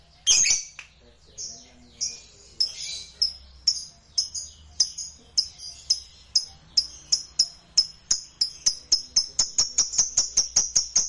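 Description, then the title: Lovebird calls: a harsh opening squawk, then high sharp chirps repeating faster and faster into a rapid series. "Suara Lovebird"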